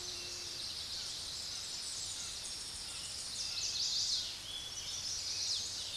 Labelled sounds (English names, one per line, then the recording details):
Chestnut-sided Warbler song
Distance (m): 35 m
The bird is about level with the microphone
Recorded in a Pennsylvania forest on 16 May 2024 at 06:16
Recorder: AudioMoth, point MSD-2007
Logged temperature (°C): 16.1 °C
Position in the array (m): 9 m, 14 m